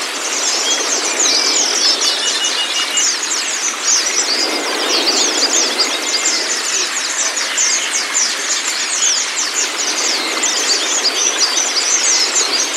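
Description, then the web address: White-eye song: steady, crowded chorus of sharp high chirps and twitters, several birds overlapping without a break, a few thin drawn-out notes among them. Therapy training audio for a pleci, meant to get the bird to open its beak and start singing; masteran recording. "audio pleci-terapi-buka-paruh. masteran pleci"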